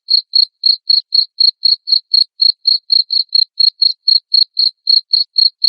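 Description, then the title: Cricket chirps: bright, high-pitched pulses repeating steadily around four times a second against a silent background. Loud cricket chirping played to make lovebirds keep singing. "Suara JANGKRIK NGERIK Keras Bikin LOVEBIRD Jadi NGEKEK Terus Vubey"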